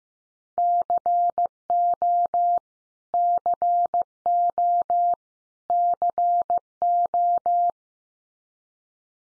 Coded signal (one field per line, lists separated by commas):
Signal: Morse code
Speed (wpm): 15 wpm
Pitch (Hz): 700 Hz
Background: none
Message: CO CO CO